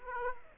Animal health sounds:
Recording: mosquito wingbeat signal from an infrared sensor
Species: Aedes aegypti

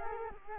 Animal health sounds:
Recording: mosquito wingbeat signal from an infrared sensor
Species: Culex quinquefasciatus

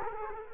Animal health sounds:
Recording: mosquito wingbeat signal from an infrared sensor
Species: Culex quinquefasciatus

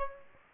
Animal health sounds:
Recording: mosquito wingbeat signal from an infrared sensor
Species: Aedes aegypti

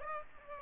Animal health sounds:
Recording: mosquito wingbeat signal from an infrared sensor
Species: Aedes aegypti

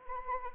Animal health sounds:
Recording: mosquito wingbeat signal from an infrared sensor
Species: Anopheles arabiensis

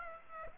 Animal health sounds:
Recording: mosquito wingbeat signal from an infrared sensor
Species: Aedes aegypti

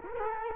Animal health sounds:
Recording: mosquito wingbeat signal from an infrared sensor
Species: Culex quinquefasciatus

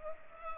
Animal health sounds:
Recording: mosquito wingbeat signal from an infrared sensor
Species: Culex pipiens

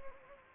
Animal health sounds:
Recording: mosquito wingbeat signal from an infrared sensor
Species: Anopheles gambiae

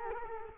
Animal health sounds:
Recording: mosquito wingbeat signal from an infrared sensor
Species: Culex quinquefasciatus

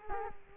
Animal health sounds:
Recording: mosquito wingbeat signal from an infrared sensor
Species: Culex quinquefasciatus

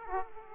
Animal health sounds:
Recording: mosquito wingbeat signal from an infrared sensor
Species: Aedes aegypti

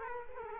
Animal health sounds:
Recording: mosquito wingbeat signal from an infrared sensor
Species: Culex quinquefasciatus

